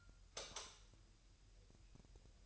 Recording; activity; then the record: daily activity, microphone in the room; light off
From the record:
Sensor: 2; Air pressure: 1001.7 hPa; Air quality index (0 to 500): 247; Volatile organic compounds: 35 ppm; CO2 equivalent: 3060 ppm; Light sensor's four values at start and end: 9/26/10/10 and 4/10/4/4